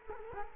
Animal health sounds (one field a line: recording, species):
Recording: mosquito wingbeat signal from an infrared sensor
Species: Culex quinquefasciatus